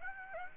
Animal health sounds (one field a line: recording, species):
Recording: mosquito wingbeat signal from an infrared sensor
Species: Aedes aegypti